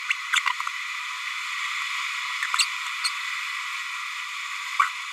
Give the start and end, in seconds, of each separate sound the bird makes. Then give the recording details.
0.10-0.13, 0.35-0.40, 2.58-2.65, 3.04-3.10. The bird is a male. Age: 30 days. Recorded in a nest box in Venezuela. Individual 17B102A4